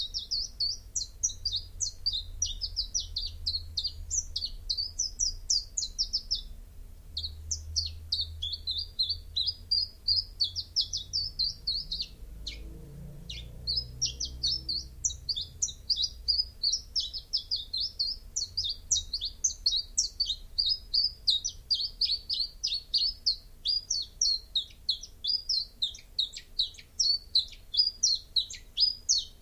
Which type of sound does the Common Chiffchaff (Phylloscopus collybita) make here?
song